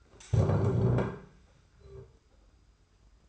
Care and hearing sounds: daily activity, microphone in the room; stand up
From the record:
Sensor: 2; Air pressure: 991.5 hPa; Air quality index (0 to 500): 173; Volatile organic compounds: 1000 ppm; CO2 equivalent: 5580 ppm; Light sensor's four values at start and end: 27/85/33/31 and 25/80/31/30

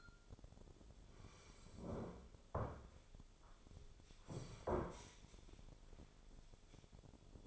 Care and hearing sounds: daily activity, microphone in the room; sit down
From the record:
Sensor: 5

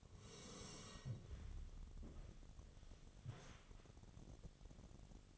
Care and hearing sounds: daily activity, microphone in the room; sit down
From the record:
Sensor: 4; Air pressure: 1001.2 hPa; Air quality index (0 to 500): 182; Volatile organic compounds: 2 ppm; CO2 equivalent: 1306 ppm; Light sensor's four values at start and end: 14/32/13/13 and 14/32/13/13

